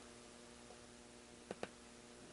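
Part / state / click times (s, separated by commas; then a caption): screen flex cable connector into phone logic board socket / seated / 1.5 s, 1.6 s. During reassembly after an iPhone 7 Plus battery replacement, the last screen flex-cable connector is pressed onto its socket on the phone's logic board. Over a steady background hum, two short clicks sound at 1.5 s and 1.6 s as the connector seats properly.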